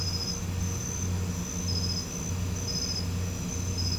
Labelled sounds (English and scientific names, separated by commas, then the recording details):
none
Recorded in pastures near Puerto Asís, Putumayo, Colombia, on 21 December 2024 at 01:30
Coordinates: 0.505, -76.324
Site G063